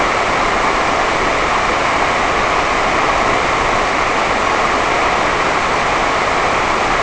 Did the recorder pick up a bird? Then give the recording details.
no. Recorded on Arctic tundra, site NAIT-1, on 28 June 2018. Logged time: 11:00